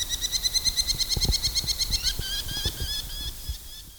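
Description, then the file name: Northern goshawk calls: quick, evenly spaced repeated notes for two seconds, then slower, drawn-out bent calls that fade, with soft knocks underneath. Three fledged chicks. "goshawks eaglecrest"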